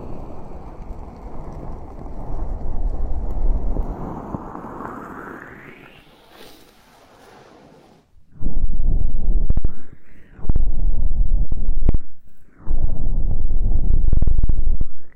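Soft ear touching rubs and swells, rising in pitch for eight seconds, then pauses before loud, dense scratchy bursts broken by two brief gaps.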